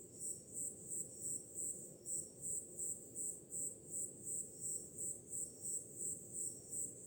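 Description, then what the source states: Cricket chirps pulse evenly at a high pitch, close to three beats each second, above a constant deep roar of surf. Crickets on a summer night, with ocean sounds in the background.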